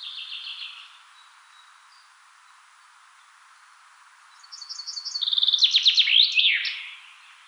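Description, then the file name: Common chaffinch song: the tail of one phrase, a few seconds of quiet, then a full song of rapid high notes, a cascading trill and a final flourish. "Fringilla coelebs"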